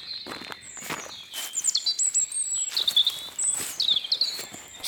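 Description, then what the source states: European robin song: high, thin, varied whistled phrases and trills, each different from the last, with rustling footsteps in the background. Song very high-pitched, never the same, always inventing little tunes; often seen in winter and heard singing.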